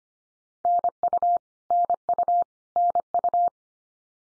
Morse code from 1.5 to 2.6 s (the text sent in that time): NU